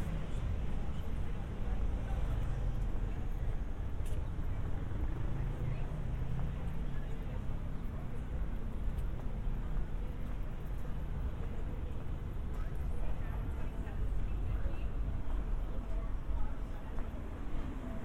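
A walk through San Diego streets, recorded binaurally, with a steady low rumble of traffic filling the whole stretch. Voices murmur throughout, and a vehicle's deeper drone swells around five to seven seconds before settling back into the constant city noise.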